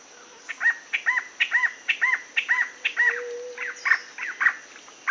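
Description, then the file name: Rio Branco antbird song: a steady series of several short arched notes, roughly two per second, with a brief low steady whistle in the background. "canto do chororo do rio branco"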